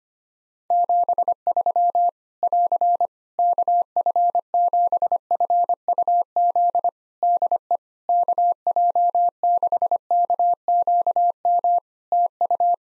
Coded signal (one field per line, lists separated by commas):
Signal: Morse code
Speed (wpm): 25 wpm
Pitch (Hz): 700 Hz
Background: none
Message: 73 <AR> KF7FUZ DE KJ6KQM TU